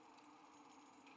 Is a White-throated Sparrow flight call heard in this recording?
no